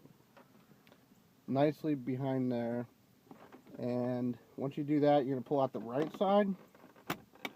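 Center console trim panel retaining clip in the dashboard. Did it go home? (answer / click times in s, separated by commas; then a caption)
released / 7.4 s. Someone talks while prying the right side of the plastic center console trim panel out of a BMW E60 dashboard with a pry bar. At 7.5 s a sharp click is heard as its retaining clip releases and pops out.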